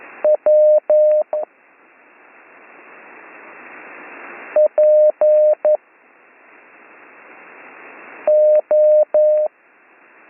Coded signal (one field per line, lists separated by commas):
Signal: Morse code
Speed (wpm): 11 wpm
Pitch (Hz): 610 Hz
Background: none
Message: W P O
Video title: Slow Morse Code Course - Week 4 - Learn Morse Code